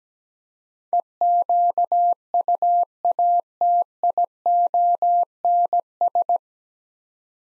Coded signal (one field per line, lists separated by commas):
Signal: Morse code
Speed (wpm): 17 wpm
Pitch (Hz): 700 Hz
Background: none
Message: EQUATIONS